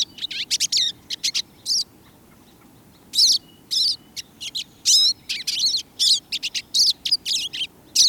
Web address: 2015 05 pine siskin song and calls